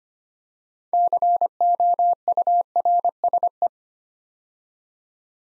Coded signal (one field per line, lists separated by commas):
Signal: Morse code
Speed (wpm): 25 wpm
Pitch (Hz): 700 Hz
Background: none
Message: COURSE